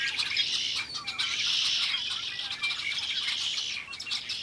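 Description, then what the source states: Red-winged Blackbird flock giving dense, overlapping chatter and squawks in a continuous, shifting wall of sound. Large flock that had been feeding on the ground flew to a nearby tree and burst into sound; windy day, near a boardwalk, Lacassine Pool.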